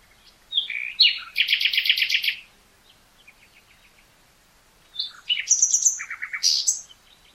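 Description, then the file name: Common nightingale song: a phrase ending in a loud rapid rattling trill of repeated notes, then after a pause a varied phrase of high whistles and buzzy rattles. "Luscinia megarhynchos"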